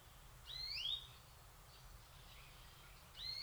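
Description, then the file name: European greenfinch calling with two overlapping upslurred whistled notes, then a quiet gap before another rising note begins at the end; steady low background hum. "Chloris chloris"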